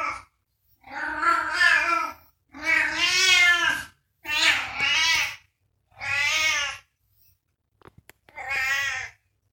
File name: Cat Meowing